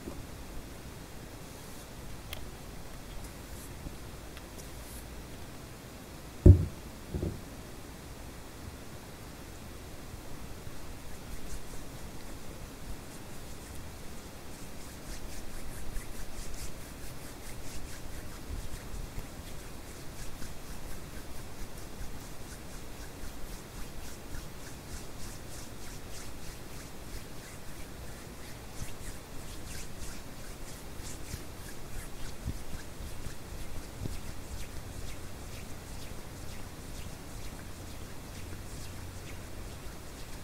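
A steady hiss of white noise fills the whole recording. Around six seconds a single sharp knock or tap from a hand stands out, and from about ten seconds on, soft rubbing and crackling hand sounds rise slightly and continue unevenly to the end.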